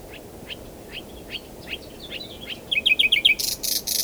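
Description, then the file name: Common nightingale song: soft, evenly spaced rising notes build into a rapid series of bright chirps, then three loud rasping bursts close the phrase. "Luscinia megarhynchos"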